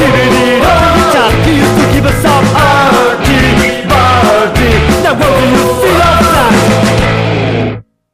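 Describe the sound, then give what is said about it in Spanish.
A loud, full-band song plays steadily with a driving bass line, and a raised, shouted vocal cries out over the music several times before everything cuts off abruptly. “¿Repite ese grito?”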